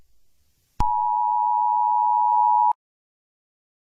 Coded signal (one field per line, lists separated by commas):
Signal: Emergency Alert System (SAME) tones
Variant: 853 and 960 Hz attention tone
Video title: rating old eas alarms part 3 (it’s finally here!)